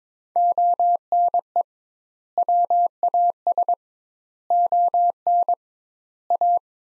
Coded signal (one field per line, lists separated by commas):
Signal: Morse code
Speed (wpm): 22 wpm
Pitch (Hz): 700 Hz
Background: none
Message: ONE WAS ON A